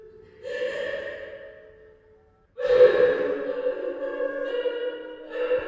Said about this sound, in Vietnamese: tôi cũng nghe ra trong quan tài có sự lạ. Quỷ âm như tiếng khóc lóc thở than kia lại xuất hiện, vội kéo cô lùi lại một bước.